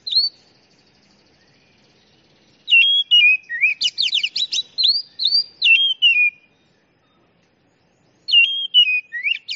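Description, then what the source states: Oriental magpie-robin song: a thin whistle, silence, then a long loud string of sweet slurred whistles and sharp rapid notes, a new phrase starting near the end. Champion singing bird.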